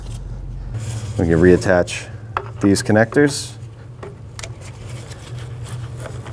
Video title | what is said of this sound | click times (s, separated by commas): How To Replace Headlights 1997-2004 Dodge Dakota | They snap into place. | 4.4 s